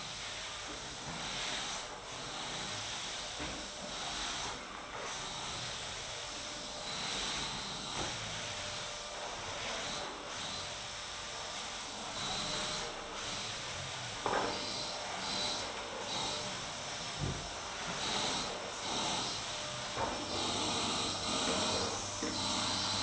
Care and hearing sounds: daily activity, microphone in the room; vacuum cleaning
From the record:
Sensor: 3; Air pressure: 991.8 hPa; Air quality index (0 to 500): 196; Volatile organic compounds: 1000 ppm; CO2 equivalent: 6627 ppm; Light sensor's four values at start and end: 32/95/39/33 and 32/95/38/33

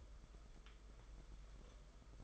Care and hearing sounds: daily activity, microphone in the room; take from stove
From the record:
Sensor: 5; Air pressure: 991.1 hPa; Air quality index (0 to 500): 90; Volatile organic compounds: 11 ppm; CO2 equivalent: 2272 ppm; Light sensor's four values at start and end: 33/103/40/42 and 33/103/40/42

